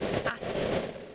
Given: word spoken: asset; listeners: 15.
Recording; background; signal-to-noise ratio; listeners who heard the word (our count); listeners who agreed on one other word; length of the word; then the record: one English word in noise, from a listening test; noise modulated by three-talker babble; -7.9 dB; 0 of 15; 13 of 15; 0.75 s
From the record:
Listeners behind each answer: 13, 1, 1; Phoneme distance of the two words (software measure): 20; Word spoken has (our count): 2 syllables, 4 phonemes, stress on syllable 1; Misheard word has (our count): 2 syllables, 4 phonemes, stress on syllable 1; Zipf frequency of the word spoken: 3.82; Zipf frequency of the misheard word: 4.01